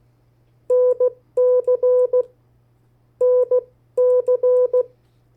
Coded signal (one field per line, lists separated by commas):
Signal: Morse code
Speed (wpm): 16 wpm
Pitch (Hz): 500 Hz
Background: none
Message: NC NC